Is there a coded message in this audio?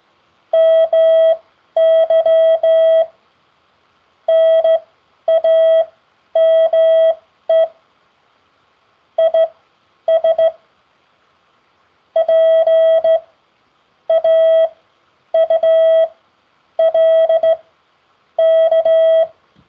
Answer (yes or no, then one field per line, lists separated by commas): yes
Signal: Morse code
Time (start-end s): 0.5-19.2 s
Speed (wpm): 16 wpm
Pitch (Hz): 650 Hz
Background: none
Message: MY NAME IS PAULK